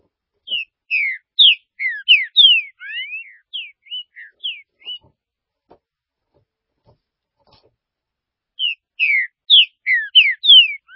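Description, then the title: Green-winged saltator song: a long, fluid run of slurred whistles, including a rising sweep, then a pause and another quick phrase of falling whistled notes. "Trinca Ferro"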